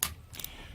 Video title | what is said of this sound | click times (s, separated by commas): How to use a torque wrench #1941 | so that's the click that we want | 0.0 s